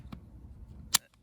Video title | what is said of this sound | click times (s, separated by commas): CAA MCK “Roni” Glock pistol conversion kit | there we go. Okay, so it clicked in, you heard it click in, all right? | 0.9 s